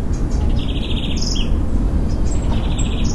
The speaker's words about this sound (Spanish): En el fondo de mi casa se escuchan los pajaritos.